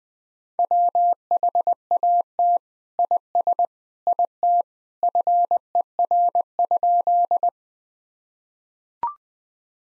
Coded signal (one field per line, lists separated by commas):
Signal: Morse code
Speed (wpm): 20 wpm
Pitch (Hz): 700 Hz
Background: none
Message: WHAT IS IT FER?